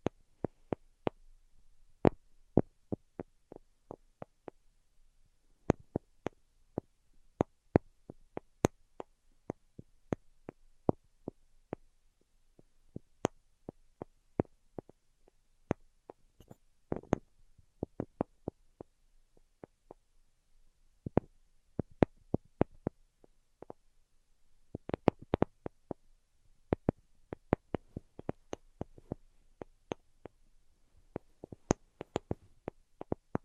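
Sharp, crisp tapping comes in irregular bursts and quick runs, with short pauses between clusters across the whole stretch, over a near-silent background.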